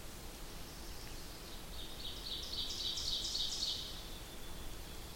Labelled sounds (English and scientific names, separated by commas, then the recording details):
Ovenbird (Seiurus aurocapilla) song
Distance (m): 70 m
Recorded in boreal forest in Alberta, Canada, on 8 June 2016 at 08:47
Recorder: SongMeter 3, array SBT-3-9
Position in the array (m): 44 m, 110 m
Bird 33